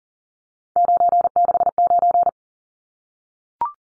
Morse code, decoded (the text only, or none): 969